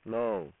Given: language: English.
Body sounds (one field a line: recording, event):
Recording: throat vibration sensor signal played as sound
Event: speech